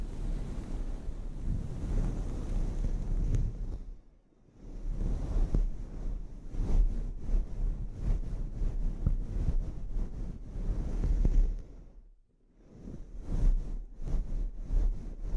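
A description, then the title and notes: Scalp treatment: dense, rough rubbing and scratching with frequent crackles, pausing briefly around four seconds and again near twelve seconds. ASMR Sleep Inducing Scalp Treatment (No Talking).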